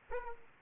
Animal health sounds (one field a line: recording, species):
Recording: mosquito wingbeat signal from an infrared sensor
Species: Aedes aegypti